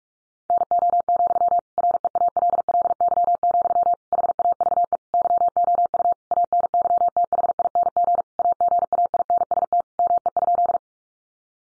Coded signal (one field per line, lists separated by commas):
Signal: Morse code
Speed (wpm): 44 wpm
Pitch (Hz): 700 Hz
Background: none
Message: NO, REALLY, HAVE YOU ANYTHING AGAINST ME?